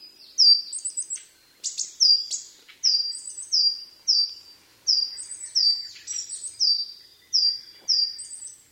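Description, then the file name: Coal tit singing a series of high, thin falling notes, with brief higher twittering notes between some of them. "higara"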